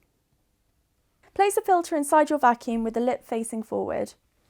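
Someone talks while a Miele SF-AA 50 carbon active air filter cartridge is placed into the vacuum cleaner's filter compartment with its lip facing forward, ready to be pressed down. Speech runs from about 1.2 s to 4.1 s, with silence before it. Nothing has clicked or seated yet when the clip ends.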